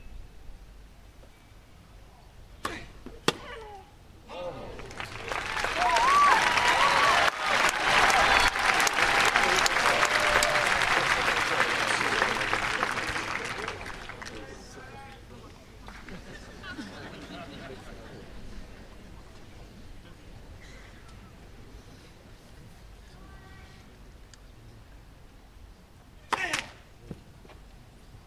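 A mixed doubles tennis match: a few sharp knocks early on, then a dense wave of crowd applause swells around five seconds and holds loud until about fourteen before fading. Afterward the crowd settles into low murmuring and voices, with another crisp hit near the end.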